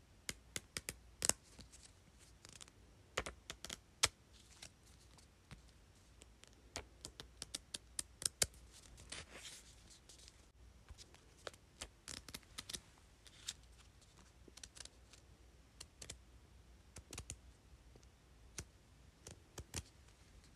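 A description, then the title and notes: Sticky notes are tapped and flipped in a run of sharp, crisp clicks that arrive irregularly, sometimes in quick clusters and sometimes spaced apart, all through the clip. A softer papery rustle rises briefly around the middle, over a quiet, steady background. Flipping and tapping sticky notes.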